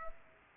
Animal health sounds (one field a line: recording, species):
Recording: mosquito wingbeat signal from an infrared sensor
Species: Aedes aegypti